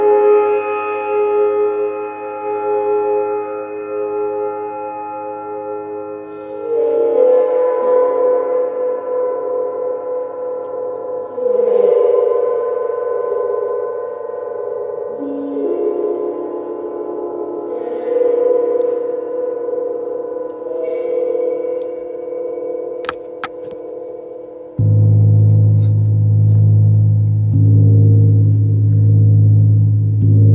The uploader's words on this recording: This challenge is all about getting to know the vibrations of Neptune Gong.